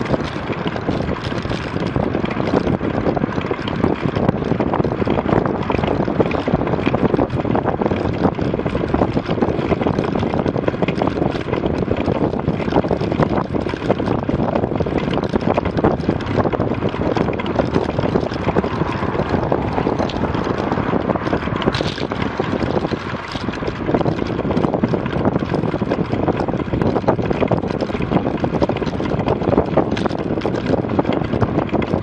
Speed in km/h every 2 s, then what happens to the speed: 35, 35, 35, 36, 35, 35, 35, 35, 35, 34, 34, 34, 34, 33, 33, 33.
0-32 steady at about 35.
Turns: none.